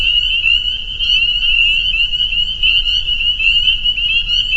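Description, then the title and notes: Spring peepers producing a steady high, shrill chorus of countless overlapping peeps. Soundscape of a spring peeper chorus at a pond on friends' property in northern Vermont. "Peepers. a soundscape recorded at the peeper pond on our friends' property in northern Vermont"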